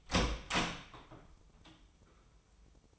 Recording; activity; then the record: daily activity, microphone in the room; open door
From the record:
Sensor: 1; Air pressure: 996.1 hPa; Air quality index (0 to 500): 59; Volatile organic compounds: 3 ppm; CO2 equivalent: 1433 ppm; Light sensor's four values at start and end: 14/33/14/16 and 14/33/14/16